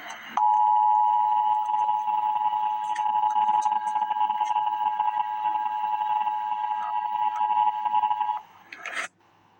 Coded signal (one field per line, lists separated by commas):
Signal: Emergency Alert System (SAME) tones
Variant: 853 and 960 Hz attention tone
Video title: Emergency Alert System - Special Weather Statement - Dec 10, 2025 at 3:59 PM EST